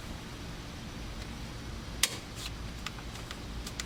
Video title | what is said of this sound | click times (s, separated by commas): 2007-2011 GT500 MGW Shifter Install | both sides you hear it snap in like that | 2.0 s, 3.8 s